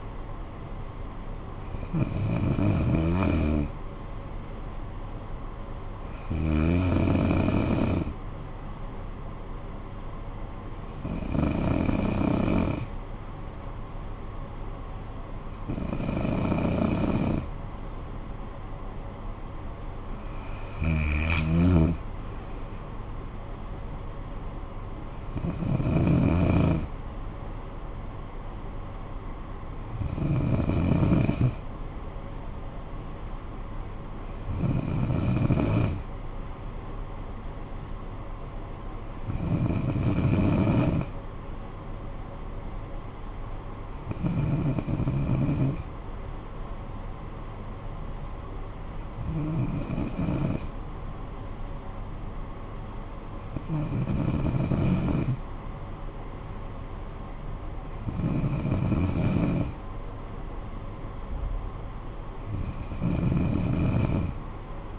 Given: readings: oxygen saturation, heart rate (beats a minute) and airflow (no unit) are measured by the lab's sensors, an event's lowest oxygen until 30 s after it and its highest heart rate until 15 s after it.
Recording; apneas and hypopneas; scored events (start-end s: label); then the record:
breathing in sleep by a smartphone at the bedside; none
none scored
From the record:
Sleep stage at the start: N2 (light sleep); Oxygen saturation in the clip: 93 to 95%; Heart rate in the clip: 50 to 70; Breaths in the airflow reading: 14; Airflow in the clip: -11.9 to 7.3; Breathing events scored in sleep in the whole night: 445 in 7.6 hours asleep